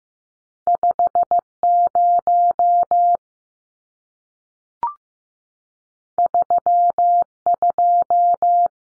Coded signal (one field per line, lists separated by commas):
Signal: Morse code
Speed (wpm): 15 wpm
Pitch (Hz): 700 Hz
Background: none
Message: 50 32